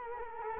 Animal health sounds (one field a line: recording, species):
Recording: mosquito wingbeat signal from an infrared sensor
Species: Culex quinquefasciatus